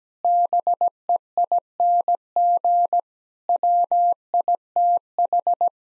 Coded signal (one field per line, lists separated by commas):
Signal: Morse code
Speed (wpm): 17 wpm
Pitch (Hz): 700 Hz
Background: none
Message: BEING WITH